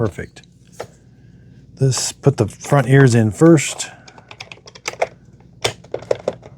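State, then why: Seated. On a Roborock Saros 10 robot vacuum, a mop pad holder is fitted front ears first and pushed down into plastic slots while someone talks. Several sharp plastic clicks follow, with the holder clicking into place at 5.7 s. Its ears are fully seated.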